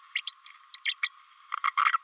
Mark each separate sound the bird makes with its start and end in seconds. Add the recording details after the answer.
0.15-0.22, 0.27-0.35, 0.46-0.58, 0.74-0.81, 0.84-0.94, 1.02-1.09, 1.92-1.98. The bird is a female. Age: 29 days. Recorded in a nest box in Venezuela. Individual 17B32A5